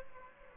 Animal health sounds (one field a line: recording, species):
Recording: mosquito wingbeat signal from an infrared sensor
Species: Aedes aegypti